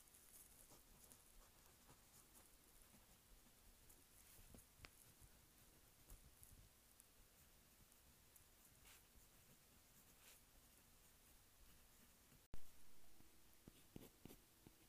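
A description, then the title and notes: Pen or pencil scratching on a journal page in a steady, dense patter of small strokes, with faint brief ticks scattered throughout. Around the twelve-second mark a sudden sharp thump breaks the flow, followed by a low steady hum as the writing continues. Writing in journal.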